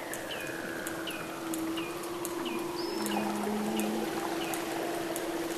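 Weddell seal calls: several short chirps in a series above a low steady tone and a lower short hum.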